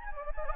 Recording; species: mosquito wingbeat signal from an infrared sensor; Anopheles gambiae